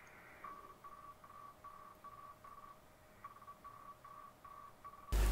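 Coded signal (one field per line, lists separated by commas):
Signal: Hellschreiber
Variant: Feld Hell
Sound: rapid buzzy on-off tone around 1.1 kHz in choppy segments, ending in loud hiss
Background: radio static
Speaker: I connected the speaker connection of the receiver to the input of the laptop. Selected Mode 'Hell' and adjusted the volume a bit.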